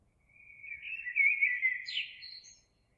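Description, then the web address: Eurasian blackbird delivering a single melodious phrase: soft fluted notes swelling louder, then a thin rising squeak and twitter closing it off. Recorded 26 April 2022. "oiseaux Merle 2022 04 26"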